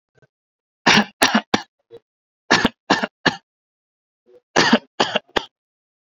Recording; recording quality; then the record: shallow voluntary cough; excellent, no background noise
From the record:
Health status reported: COVID-19 positive, mild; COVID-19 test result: positive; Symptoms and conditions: breathing difficulty, fever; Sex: male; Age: 38 years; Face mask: worn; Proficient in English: yes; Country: India